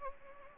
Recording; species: mosquito wingbeat signal from an infrared sensor; Anopheles gambiae